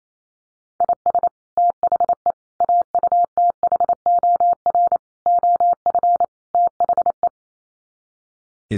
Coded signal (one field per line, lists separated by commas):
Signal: Morse code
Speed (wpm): 28 wpm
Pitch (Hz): 700 Hz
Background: none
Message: IS THE AUTHOR OF THE